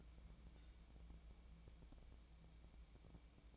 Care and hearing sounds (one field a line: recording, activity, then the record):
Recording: daily activity, microphone in the room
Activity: take from stove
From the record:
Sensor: 1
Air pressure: 1000.0 hPa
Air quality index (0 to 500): 134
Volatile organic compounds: 2 ppm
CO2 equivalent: 1272 ppm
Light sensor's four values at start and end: 42/105/44/55 and 42/105/44/55